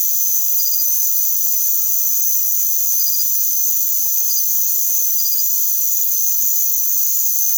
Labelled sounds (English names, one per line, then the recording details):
none
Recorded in secondary vegetation near Puerto Asís, Putumayo, Colombia, on 9 March 2025 at 02:30
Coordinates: 0.489, -76.322
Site G042